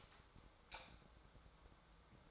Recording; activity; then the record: daily activity, microphone in the room; light off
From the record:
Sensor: 3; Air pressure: 1010.2 hPa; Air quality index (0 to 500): 168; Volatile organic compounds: 10 ppm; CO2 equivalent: 2202 ppm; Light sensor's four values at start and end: 51/129/56/62 and 49/122/54/59